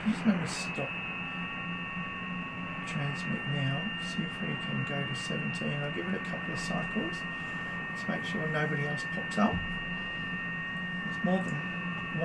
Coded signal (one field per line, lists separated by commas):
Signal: FT8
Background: speech